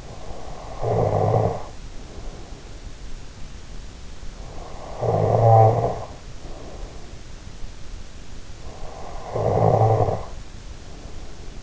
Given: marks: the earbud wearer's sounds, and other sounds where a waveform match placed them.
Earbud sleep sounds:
sounds in sleep by an in-ear microphone; snoring breath
0.00-2.61 s: snoring breath
4.36-7.27 s: snoring breath
8.66-11.63 s: snoring breath

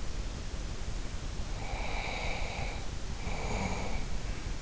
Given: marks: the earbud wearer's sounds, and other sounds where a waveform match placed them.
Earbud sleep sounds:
sounds in sleep by an in-ear microphone; breath
1.55-4.21 s: breath

